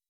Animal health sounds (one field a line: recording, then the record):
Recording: hydrophone in a shrimp aquaculture tank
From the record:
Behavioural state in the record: weakened